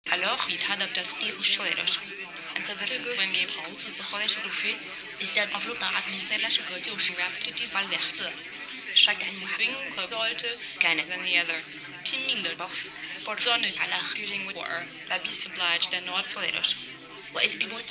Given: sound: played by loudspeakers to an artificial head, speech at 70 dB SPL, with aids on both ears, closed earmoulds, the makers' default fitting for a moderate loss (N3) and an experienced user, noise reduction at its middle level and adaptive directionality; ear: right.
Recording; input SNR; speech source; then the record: speech test signal (ISTS) in cocktail-party noise; 0 dB; in front (0 degrees)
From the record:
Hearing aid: class 1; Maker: B